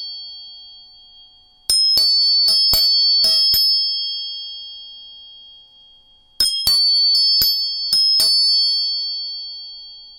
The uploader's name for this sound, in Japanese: 音叉チューニング3本